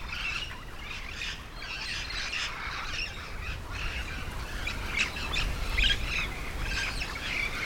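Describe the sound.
Yellow-shouldered parrot calls: a continuous chatter of harsh, scratchy squawks over a rumbling low background noise.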